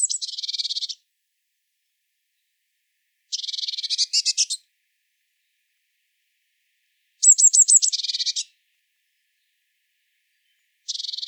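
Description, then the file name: Eurasian blue tit repeating harsh buzzy churring calls, some opening with thin high notes, in bursts of about one second separated by two to three seconds of silence. "Cyanistes caeruleus"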